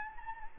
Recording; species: mosquito wingbeat signal from an infrared sensor; Anopheles gambiae